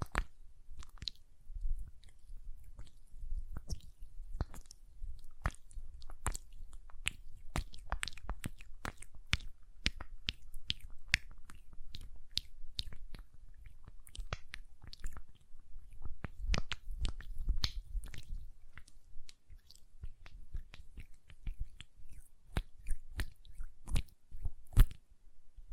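Hand sounds with nail tapping and lotion: a steady stream of sharp, bright clicks and taps runs throughout, irregular but dense, several per second. Beneath them sits a soft, low rubbing and squishing that swells and fades, with a louder tap near the end.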